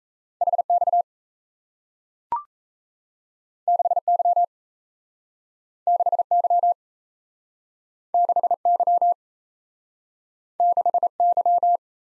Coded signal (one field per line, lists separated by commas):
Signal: Morse code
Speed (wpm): 38 wpm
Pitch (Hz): 700 Hz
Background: none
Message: HX 6Y 6Y 6Y 6Y